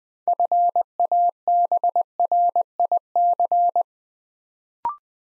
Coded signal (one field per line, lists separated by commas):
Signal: Morse code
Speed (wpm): 20 wpm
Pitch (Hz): 700 Hz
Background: none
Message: FABRIC